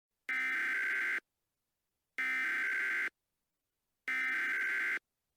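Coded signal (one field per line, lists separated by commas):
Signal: Emergency Alert System (SAME) tones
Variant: header bursts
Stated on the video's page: Comedy Halloween EAS parody, not a real alert.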